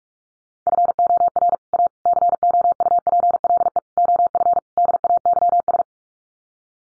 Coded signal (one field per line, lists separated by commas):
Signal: Morse code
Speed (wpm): 44 wpm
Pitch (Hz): 700 Hz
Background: none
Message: FOR A COUPLE OF DAYS